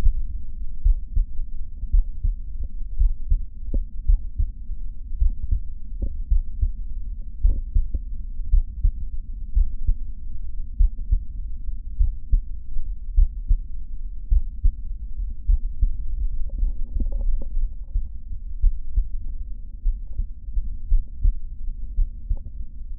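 Adult heart by stethoscope at Botkin's (Erb's) point, patient standing and leaning forward after breathing out and holding the breath. A high-pitched musical systolic murmur appears; with breathing it comes and goes, and with the breath held on expiration it becomes constant. Atypical auscultatory sign of mitral valve prolapse.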